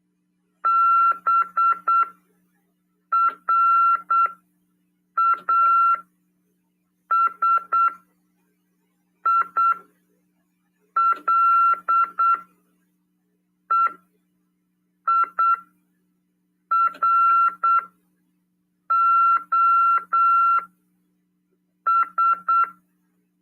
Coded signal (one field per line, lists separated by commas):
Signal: Morse code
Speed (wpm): 8 wpm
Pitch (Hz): 1360 Hz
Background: none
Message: BRASILEIROS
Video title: RADIOAMADOR 2ªEd. 15/12/2022 "AULA 46: CW, LEGIS e C.RODADA" FM 146.410 Mhz.PY2EXU PAULO CRASP/RAF.